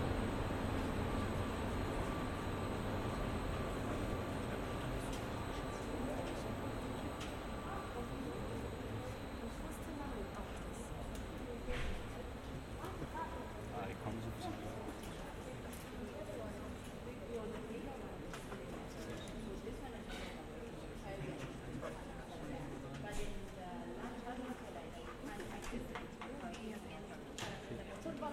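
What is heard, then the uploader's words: Visitors at the historic SynchroCyclotron talk over one another in a steady, dense murmur of voices. Scattered clicks and knocks, like footsteps, pop up irregularly throughout, and a faint high whine sits constantly underneath. The overall level stays even for the whole half minute. Binaural soundscapes recorded at different locations at CERN, the European Center for Nuclear Research. Visitors at the - now historic - SynchroCyclotron (SC).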